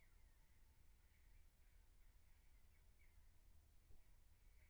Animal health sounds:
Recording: poultry house recording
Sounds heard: no chicken sound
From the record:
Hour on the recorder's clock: 13

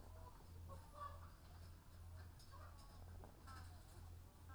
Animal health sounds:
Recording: poultry house recording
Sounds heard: sick chickens (respiratory disease)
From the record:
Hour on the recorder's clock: 18

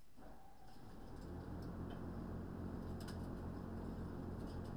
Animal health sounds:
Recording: poultry house recording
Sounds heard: no chicken sound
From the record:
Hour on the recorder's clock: 20

